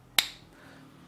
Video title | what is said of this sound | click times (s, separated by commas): KTM TPI 2-stroke Engine Bogging? CCPS issues, fixes and modification | and then made a nice click and then you have to install the screw okay | 0.2 s